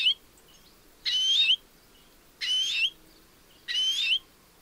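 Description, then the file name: European greenfinch giving three buzzy, nasal drawn-out calls with an upward twist at the end, evenly spaced, after a cut-off opening call. "Chloris chloris"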